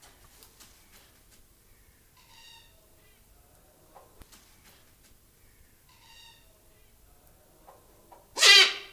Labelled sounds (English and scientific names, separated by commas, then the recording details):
Silvery-cheeked Hornbill (Bycanistes brevis) call
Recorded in captivity
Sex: pair
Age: adult
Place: Zoo Berlin, Berlin, DE
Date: 2000-08-29 13:38
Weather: heiter, 21°C
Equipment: Nagra SN, Kopie Uher 4000 Report Monitor
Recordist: Tembrock, Günter
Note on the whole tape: Weibchen und Männchen: Kurzlaute (Entfernung ca. 2 m). Stellenweise gute Aufnahmequalität - bei lauten Passagen aber Kopiereffekte